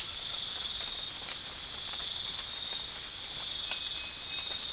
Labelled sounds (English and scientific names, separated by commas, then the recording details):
none
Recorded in pastures near Puerto Asís, Putumayo, Colombia, on 8 March 2025 at 01:30
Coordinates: 0.502, -76.324
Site GP07